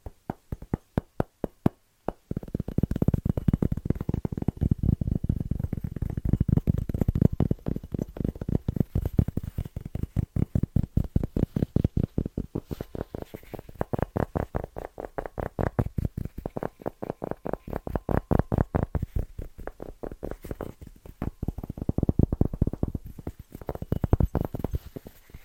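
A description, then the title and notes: Fast, rhythmic tapping in dense bursts, with low, hollow knocks, brief pauses and a quieter start before the rapid pattern settles in. ASMR Fast & Rhythmic Tapping Christmas Edition No Talking.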